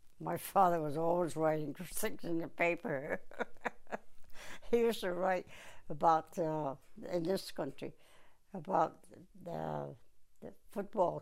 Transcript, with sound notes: My father was always writing things in the paper. [Laughs] He used to write about — in this country, about football.